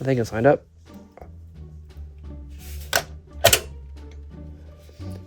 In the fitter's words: as you can see down there, the little latch went back and locked into place.